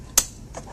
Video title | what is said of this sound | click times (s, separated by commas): How to assemble a Graco Lovin' Hug® Infant Swing | but these will automatically depress press them in until you hear a click | 0.2 s